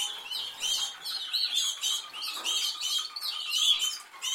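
Canary song of rapid repeated sweeping chirps in quick rhythmic bursts, steady and high-pitched.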